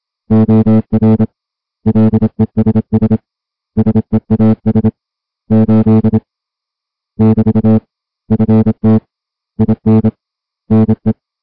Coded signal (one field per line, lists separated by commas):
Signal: Morse code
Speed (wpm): 26 wpm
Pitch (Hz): 220 Hz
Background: music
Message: OR LESS SEAS 8 <BT> FT IN NE